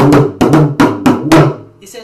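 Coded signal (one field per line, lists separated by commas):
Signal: talking drum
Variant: West African hourglass drum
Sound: about six quick drum strokes with low, slightly shifting pitch, in a speech-like rhythm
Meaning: A greeting welcoming the listener to Africa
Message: welcome to Africa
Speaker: you squeeze it up and down to bring different. different bits, like this. He says, welcome to Africa.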